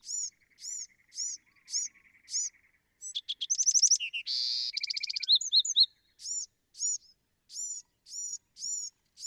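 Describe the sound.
Bewick's Wren: rhythmic repeated high two-part notes, then a rapid buzzy trilled song, then the repeated notes resume.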